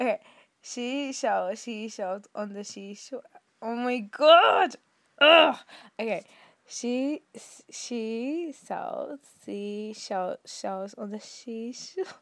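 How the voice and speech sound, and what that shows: A woman with a lisp she describes as very bad attempts the tongue twister 'she sells seashells on the seashore', turning s sounds into sh, with repeated, halting restarts.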